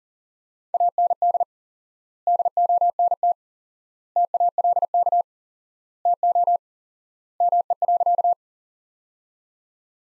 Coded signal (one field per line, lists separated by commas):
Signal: Morse code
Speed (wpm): 40 wpm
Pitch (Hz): 700 Hz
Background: none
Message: AND DONT TALK TO ME.